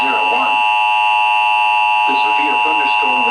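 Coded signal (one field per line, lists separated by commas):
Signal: Emergency Alert System (SAME) tones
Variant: 853 and 960 Hz attention tone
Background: speech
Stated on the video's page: Severe thunderstorm and special marine warnings on a marginal-risk day, including failed marine warning toning.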